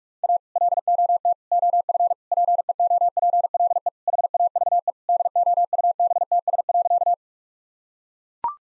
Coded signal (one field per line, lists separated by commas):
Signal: Morse code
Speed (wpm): 43 wpm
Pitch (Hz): 700 Hz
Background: none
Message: A LOT OF PEOPLE HAVE DOUBTS.